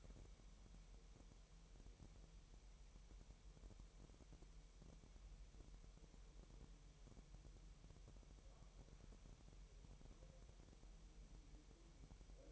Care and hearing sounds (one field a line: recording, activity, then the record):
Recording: daily activity, microphone in the room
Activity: wipe stove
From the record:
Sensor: 1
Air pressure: 1000.8 hPa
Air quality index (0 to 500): 248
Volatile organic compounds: 147 ppm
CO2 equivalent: 4012 ppm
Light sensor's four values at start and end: 11/27/11/12 and 11/27/11/12